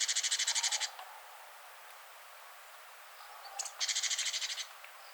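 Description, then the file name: Great tit churring call: two bursts of rapid, harsh, buzzy pulses, each lasting about a second, separated by about three seconds of quiet. "Parus major"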